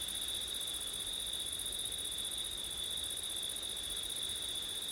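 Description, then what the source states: Crickets chirring together in a steady, piercing high drone without breaks, over faint background hiss. Crickets on a September night with wind; labelled ortif.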